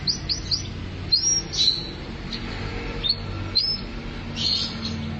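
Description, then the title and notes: Canary song: short, bright, high chirps and upswept notes in scattered bursts over steady low background hum. "BM Suara Kenari. BM Suara Burung Kenari"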